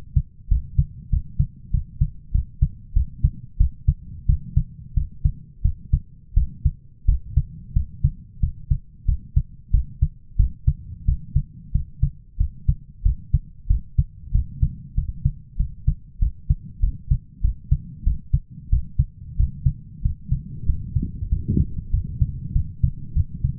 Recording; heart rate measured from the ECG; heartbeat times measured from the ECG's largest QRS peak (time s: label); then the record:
heart sounds by stethoscope; 93 bpm
0.48 s: heartbeat
1.10 s: heartbeat
1.71 s: heartbeat
2.32 s: heartbeat
2.93 s: heartbeat
3.57 s: heartbeat
4.26 s: heartbeat
4.94 s: heartbeat
5.62 s: heartbeat
6.34 s: heartbeat
7.05 s: heartbeat
7.73 s: heartbeat
8.40 s: heartbeat
9.05 s: heartbeat
9.71 s: heartbeat
10.36 s: heartbeat
11.05 s: heartbeat
11.72 s: heartbeat
12.37 s: heartbeat
13.02 s: heartbeat
13.67 s: heartbeat
14.32 s: heartbeat
14.95 s: heartbeat
15.57 s: heartbeat
16.19 s: heartbeat
16.80 s: heartbeat
17.41 s: heartbeat
18.03 s: heartbeat
18.69 s: heartbeat
19.36 s: heartbeat
20.02 s: heartbeat
20.65 s: heartbeat
21.29 s: heartbeat
21.91 s: heartbeat
22.53 s: heartbeat
23.13 s: heartbeat
From the record:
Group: healthy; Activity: cold pressor test 0-20 s, rest 20-24 s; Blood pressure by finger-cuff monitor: 152/112 mmHg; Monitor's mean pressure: 125 mmHg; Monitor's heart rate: 92 bpm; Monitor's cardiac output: 7.3 L/min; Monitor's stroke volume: 79 mL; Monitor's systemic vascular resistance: 1280 dyn s/cm5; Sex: male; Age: 23 years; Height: 179 cm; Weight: 87 kg